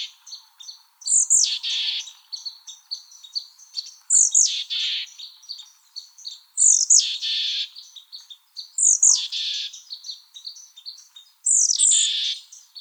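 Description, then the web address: Mexican chickadee calls: five loud, high buzzy bursts about every two and a half seconds, with faint chipping notes in between. "Chickadees Allies AZFO MECH CALLS deviche"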